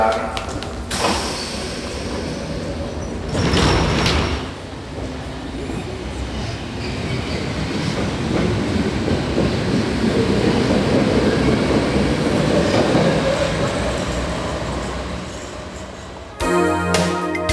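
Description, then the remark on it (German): A subway train rumbles steadily along the rails with a low, continuous roar, swelling and fading as it travels, broken by a couple of sharp clanks and a brief metallic squeal. “Aha, jetzt steigen sie in die U-Bahn.”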